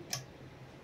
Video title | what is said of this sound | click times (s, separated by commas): The Anet E10 - How Does it Print | got a little clip end on it and it goes over and it just snaps in place see | 0.1 s